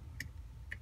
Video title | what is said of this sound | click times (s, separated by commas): Wish Haul #68 - Testing and Review | and it locks. | 0.2 s, 0.7 s